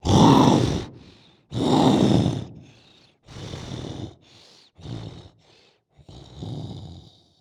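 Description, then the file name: Tiger roaring: two long, loud, breathy roars followed by several shorter, quieter grunting calls. "Tigre"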